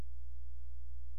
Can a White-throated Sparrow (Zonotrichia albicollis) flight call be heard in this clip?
no